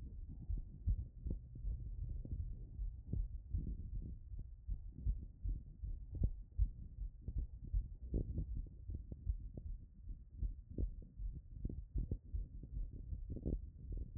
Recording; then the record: heart sounds by stethoscope after running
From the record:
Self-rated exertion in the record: moderate exertion (3 of 6); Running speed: 7 mph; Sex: female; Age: 24 years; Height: 163 cm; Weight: 52 kg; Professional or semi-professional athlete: no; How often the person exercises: 1 to 2 times a week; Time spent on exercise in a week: under 1 hour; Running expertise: no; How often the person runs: 1 to 2 times a week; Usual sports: interval training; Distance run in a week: 5 km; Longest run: 3 km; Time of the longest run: 30 minutes